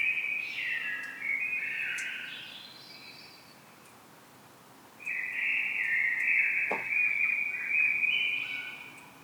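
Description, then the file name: Common blackbird song: two mellow, fluty warbled phrases, the first ending in a scratchy higher twitter, separated by a brief pause, over faint steady background hiss. "Turdus merula"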